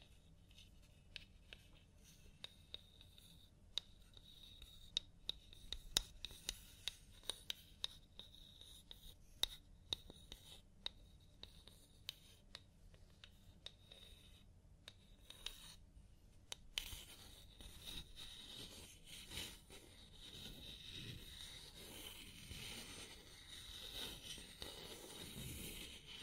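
A scalp massage during a hair wash, heard as many sharp little clicks and taps over a soft low rustle for the first sixteen seconds. After that the sound turns into a denser, brighter hiss of rubbing and scratching that swells slightly toward the end.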